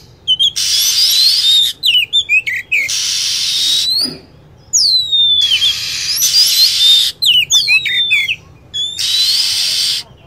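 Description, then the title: Lovebird calls come as clusters of sharp squeaky chirps and downslurred whistles, each separated by roughly one-second bursts of loud hissing. Lure call for attracting lovebirds. "PIKAT BURUNG LOVEBIRD"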